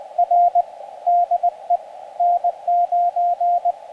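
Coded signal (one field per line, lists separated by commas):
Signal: Morse code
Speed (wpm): 23 wpm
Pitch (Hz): 700 Hz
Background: none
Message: R DE N9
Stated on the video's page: Morse sent with a pressure paddle during a combined SOTA/POTA mountaintop activation in high winds, antenna on a carbon fiber mast.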